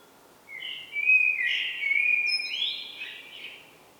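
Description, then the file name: Common blackbird song: a flowing, warbling phrase of mellow whistled notes that slide and waver over about three seconds, ending in softer twitters, with a light background hiss. "Turdus merula"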